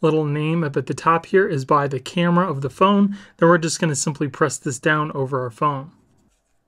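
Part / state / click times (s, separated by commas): plastic alignment guide onto a smartphone / not seated / none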